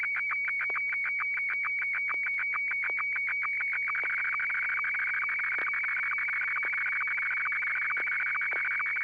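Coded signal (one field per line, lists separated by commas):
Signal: SSTV (slow-scan television)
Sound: warbling, buzzing tone scan with rapid regular ticks, a steady high whine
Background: low hum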